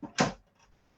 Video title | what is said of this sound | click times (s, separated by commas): The Complete Chocolate Experience Kit | it locks in place, and then we're good to go. | 0.2 s